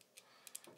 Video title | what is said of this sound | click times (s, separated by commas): OXA 2200 Powerbank / Flash Drive / Flashlight | that just pops right in | 0.5 s